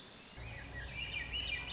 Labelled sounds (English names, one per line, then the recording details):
Swainson's Thrush
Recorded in Sonoma County, California